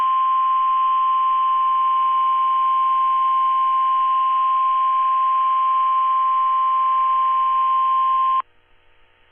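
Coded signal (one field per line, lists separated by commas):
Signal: Emergency Alert System (SAME) tones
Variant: 1050 Hz attention tone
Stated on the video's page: Live enthusiast stream of EAS content.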